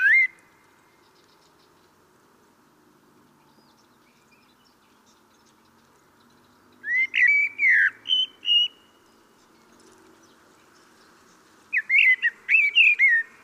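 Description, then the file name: Common blackbird delivering widely spaced warbled phrases of mellow whistles and high squeaky notes, with long quiet gaps between. "Turdus merula"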